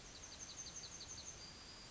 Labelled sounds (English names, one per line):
Yellowhammer song